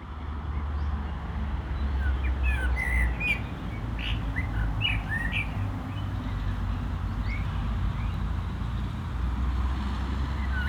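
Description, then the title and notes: Common blackbird song: a few fluty warbled phrases with high twittery endings, over continuous traffic rumble. Singing in a barranco near Agaete, Las Palmas, Spain, with cars on a nearby road; recorded with DPA-2006c microphones in AB position into a MixPre-3. "Agaete, Las Palmas, Espagne - Blackbird singing in the barranco. Un merle chante dans le barranco, voitures sur la route pas loin"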